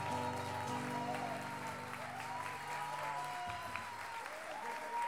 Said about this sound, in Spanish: Aplauso a Rodrigo Núñez, les pide ….